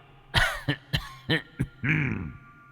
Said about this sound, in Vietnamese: Nói xong, ở ngoài cửa truyền đến âm thanh ho sù sụ, là ho rất kịch liệt. Thậm chí người ta nghe thấy tiếng ho này còn mơ hồ nghĩ liệu rằng là lão nhân này có ho đến nỗi rỗ cả phổi hay không.